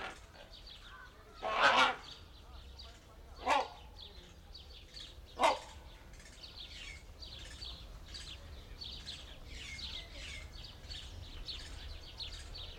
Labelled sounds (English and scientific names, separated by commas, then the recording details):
Great Hornbill (Buceros bicornis)
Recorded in captivity
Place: Zoo Berlin, Berlin, DE
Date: 1992-08-01 11:32
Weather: sonnig, 24-26°C
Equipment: Marantz CP 430, Sennheiser ME 80, Kopie Tesla B 116
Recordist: Tembrock, Günter